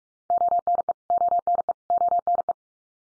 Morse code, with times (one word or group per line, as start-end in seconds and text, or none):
0.3-0.9 ONE
1.1-1.7 ONE
1.9-2.5 ONE